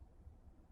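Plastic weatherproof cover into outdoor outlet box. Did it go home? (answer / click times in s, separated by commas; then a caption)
no / none. A plastic weatherproof outlet cover, its top plastic tabs lined up, is being pushed onto an outdoor GFCI receptacle in the outlet box. Only low, steady rumbling noise is heard, with no distinct snap. Nothing has seated or clicked yet.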